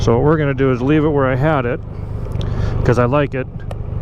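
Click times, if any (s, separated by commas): none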